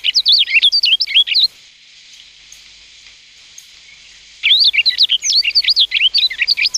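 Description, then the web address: Rustic bunting giving two short, lively warbling phrases of high, twisting notes separated by a silent pause of about three seconds. "sikioto. kashiradaka"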